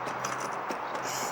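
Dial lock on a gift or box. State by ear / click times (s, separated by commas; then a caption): not seated / none. Someone turns the dial lock on a gift or box fully to the right and then slightly back, trying to get it to click open. Only a steady, even rustle and murmur is heard, with no sharp sound standing out. The lock does not click, and nothing has seated or opened yet.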